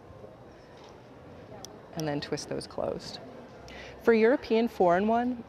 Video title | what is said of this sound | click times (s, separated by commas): Learn to Chainmaille European 4-in-1 Technique | a tiny little twist and if you hear little clicks that means you're doing a good job | 1.6 s